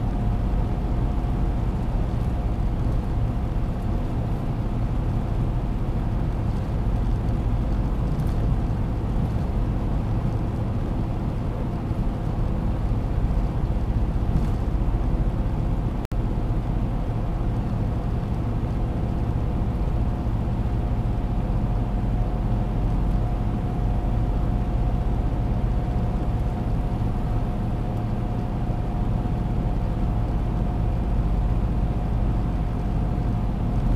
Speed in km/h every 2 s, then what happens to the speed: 112, 112, 110, 110, 109, 110, 110, 110, 111, 112, 112, 113, 112, 112, 112, 111, 111.
0-34 steady at about 111.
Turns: none.